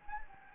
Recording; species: mosquito wingbeat signal from an infrared sensor; Anopheles gambiae